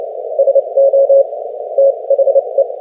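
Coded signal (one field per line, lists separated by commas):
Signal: Morse code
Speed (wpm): 27 wpm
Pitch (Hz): 550 Hz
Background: none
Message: SO THE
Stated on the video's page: Morse QSO at 30 wpm between two amateur operators, a fast code-buddy contact practising sending and copying.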